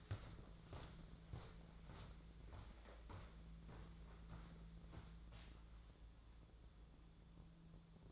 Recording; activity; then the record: daily activity, microphone in the room; walk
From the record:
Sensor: 3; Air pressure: 1005.5 hPa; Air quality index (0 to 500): 94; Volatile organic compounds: 3 ppm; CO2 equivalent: 1473 ppm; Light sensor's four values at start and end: 10/23/9/9 and 10/24/10/9